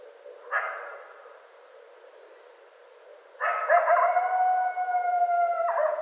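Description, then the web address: Coyote howling: a brief yelping note early, a quiet gap, then a loud sustained howl with warbling yips underneath, ending in a short drop. Recorded 25 January 2013. "sounds mammals Coyote 2013 01 25 Coyotes 01"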